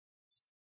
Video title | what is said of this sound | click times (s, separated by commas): How to Repaste and Clean Your HP Pavilion 15 p010 Laptop | Make sure you do those nice click sounds in the corner back there. Here. | 0.4 s